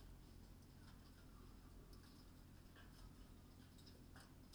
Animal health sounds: poultry house recording; sick chickens (respiratory disease)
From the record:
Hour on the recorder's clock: 19

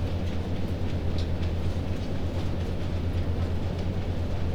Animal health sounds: poultry house recording; no chicken sound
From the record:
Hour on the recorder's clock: 21

